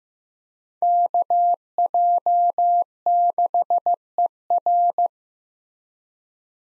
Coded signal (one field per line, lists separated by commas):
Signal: Morse code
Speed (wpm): 15 wpm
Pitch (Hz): 700 Hz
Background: none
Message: KJ6ER